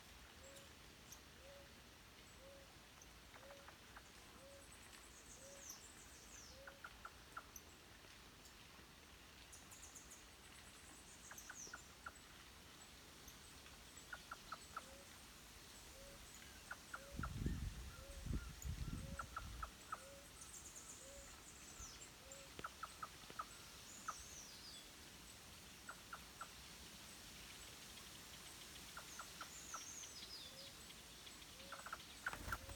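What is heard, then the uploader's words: A green-backed trogon gives a long, evenly spaced series of soft, low hooting notes that runs through the first half, pauses, then returns. Other birds chirp and whistle higher up in the background, and a brief low rumble intrudes around seventeen seconds. Green-backed trogon on Santa Catarina, Brazil. Video captured not far from the town of "Paulo Lopes", on the Brazilian State of Santa Catarina.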